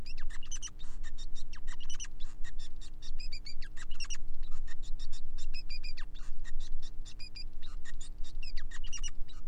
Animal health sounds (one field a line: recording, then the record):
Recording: song of a male Bengalese finch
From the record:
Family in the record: son of father 5